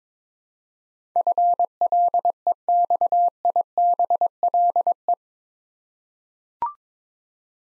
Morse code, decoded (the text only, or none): FLEXIBLE